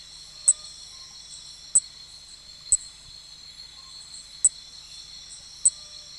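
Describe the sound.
Nesobia mjobergi: continuous high insect buzzing with a shimmering upper band, and five loud, sharp ticks at irregular gaps.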